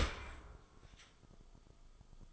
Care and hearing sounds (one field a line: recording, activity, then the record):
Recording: daily activity, microphone in the room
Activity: open dishwasher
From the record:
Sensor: 5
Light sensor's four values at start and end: 32/74/30/30 and 33/77/31/31